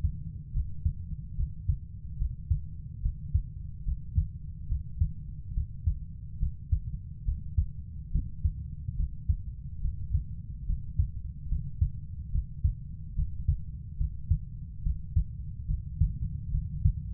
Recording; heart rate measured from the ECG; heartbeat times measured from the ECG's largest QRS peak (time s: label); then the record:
heart sounds by stethoscope; 71 bpm
0.54 s: heartbeat
1.37 s: heartbeat
2.19 s: heartbeat
3.02 s: heartbeat
3.85 s: heartbeat
4.69 s: heartbeat
5.55 s: heartbeat
6.40 s: heartbeat
7.25 s: heartbeat
8.12 s: heartbeat
8.97 s: heartbeat
9.82 s: heartbeat
10.67 s: heartbeat
11.49 s: heartbeat
12.32 s: heartbeat
13.16 s: heartbeat
13.98 s: heartbeat
14.83 s: heartbeat
15.68 s: heartbeat
16.52 s: heartbeat
From the record:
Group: healthy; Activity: Valsalva maneuver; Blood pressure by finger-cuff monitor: 122/74 mmHg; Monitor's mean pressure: 91 mmHg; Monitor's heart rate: 72 bpm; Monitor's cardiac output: 6.5 L/min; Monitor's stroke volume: 90 mL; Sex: female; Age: 22 years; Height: 160 cm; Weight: 63 kg